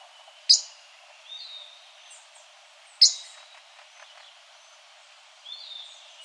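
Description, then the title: Yellow-lored tody-flycatcher uttering two crisp high tick notes a few seconds apart, over quiet background chirping from other birds. "LuckyPassaro Completos2Sama. Yellow-lored Tody-Flycatcher (Todirostrum poliocephalum)"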